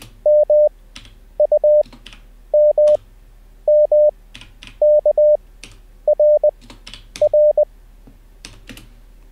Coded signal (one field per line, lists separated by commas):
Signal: Morse code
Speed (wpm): 20 wpm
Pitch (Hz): 600 Hz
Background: none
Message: MUMMKRR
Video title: How to Learn Morse Code Live with N0SSC (Day 1)